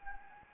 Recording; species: mosquito wingbeat signal from an infrared sensor; Anopheles gambiae